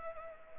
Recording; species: mosquito wingbeat signal from an infrared sensor; Anopheles arabiensis